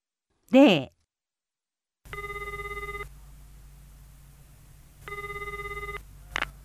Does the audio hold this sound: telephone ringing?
yes